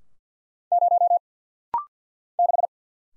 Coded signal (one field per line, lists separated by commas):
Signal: Morse code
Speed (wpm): 50 wpm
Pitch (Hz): 700 Hz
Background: none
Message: 0 6